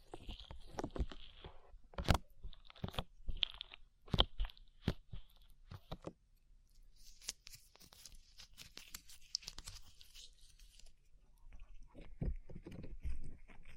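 Slime being squished and pulled, with sticky, wet crackles and sharp pops that arrive in uneven bursts. Loud snaps land around two, three and four seconds, a softer fizzing stretch follows near the middle, and denser crackling returns toward the end.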